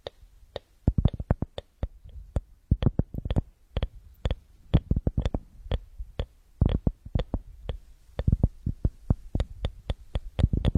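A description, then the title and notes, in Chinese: Crisp tapping sounds come in a quick, fairly regular stream, about two or three sharp knocks per second for the whole stretch. Each tap has a bright click on top and a soft thud beneath, and a few land louder than the rest. Little else is heard between them. 酥爽敲击音。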